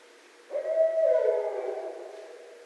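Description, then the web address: Barred owl giving a single loud drawn-out hoot that starts abruptly, holds briefly, then slurs downward and trails off. Recorded 24 December 2011. "birds Barred Owl 2011 12 24 Barred Owl"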